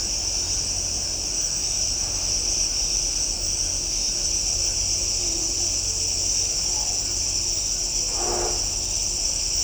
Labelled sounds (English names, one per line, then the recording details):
none
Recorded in shrubland near Pivijay, Magdalena, Colombia, on 1 June 2023 at 00:30
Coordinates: 10.453, -74.365
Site P5-G022